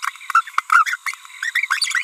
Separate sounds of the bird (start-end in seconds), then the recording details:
0.03-0.10, 0.70-0.96, 1.55-1.65, 1.71-2.02. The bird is a female. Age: 30 days. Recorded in a nest box in Venezuela. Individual 17B42B3